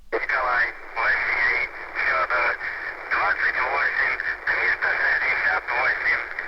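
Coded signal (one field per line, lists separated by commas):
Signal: numbers station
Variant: UVB-76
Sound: a narrow-band, radio-filtered voice reading a message in short phrases over hiss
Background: radio static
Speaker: No dobra, więc to była taka pierwsza wiadomość tego dnia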